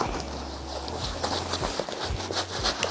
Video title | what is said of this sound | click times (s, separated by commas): British Army Virtus Webbing: How to setup | And that locks in place. | 2.8 s